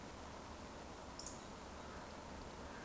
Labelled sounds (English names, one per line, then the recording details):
Eurasian Woodcock
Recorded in Baden-Württemberg, Germany, on 16 June 2020 at 20:24 UTC
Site 14569, 102 m above sea level